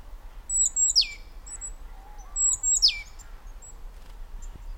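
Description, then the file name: Great tit call repeated twice, a high piercing note then a quick descending sweep, with a soft lower rising whistle briefly heard between them. "Parus major"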